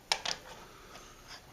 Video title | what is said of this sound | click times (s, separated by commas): Review (Française) L96a1 de chez well repack cybergun | là on entend un petit clic et on est en place voilà pour | 0.1 s